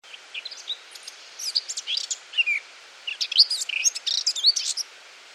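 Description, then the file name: Eurasian blackcap singing a jumbled warble of varied high whistles and scratchy notes in two bursts, over a steady background hiss. "Sylvia atricapilla"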